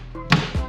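A panel or fitting in a car audio install is pushed home and seats with a sharp snap at 0.3 s, heard over background music, followed by a softer low thump. It goes nicely into place, though it is uncertain whether the subwoofer's bass will knock it loose.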